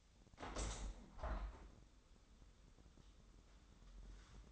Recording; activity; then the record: daily activity, microphone in the room; open window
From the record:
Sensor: 3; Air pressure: 1006.3 hPa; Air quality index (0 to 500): 186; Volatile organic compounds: 12 ppm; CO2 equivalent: 2362 ppm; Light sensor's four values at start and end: 9/23/9/9 and 10/24/10/10